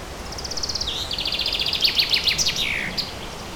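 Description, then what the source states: Bird song, one full phrase of fast high repeated notes that dips, then runs into a rapid trill and a descending flourish, over light hiss. Recorded in a forest, with forest ambience.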